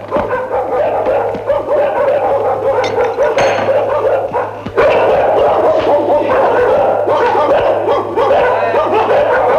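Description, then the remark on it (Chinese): A hurt dog, about to be treated, yelps and barks over and over, loud, high-pitched cries tumbling together without pause, with whimpering whines mixed in above a steady low hum. “人命當然重要啦，狗命我亦都愛惜佢。嗯，好，我同你醫狗咧。”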